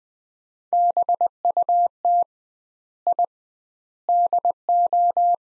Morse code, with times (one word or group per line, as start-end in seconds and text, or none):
0.7-2.2 BUT
3.1-3.2 I
4.1-5.3 DO